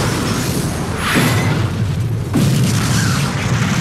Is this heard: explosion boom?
yes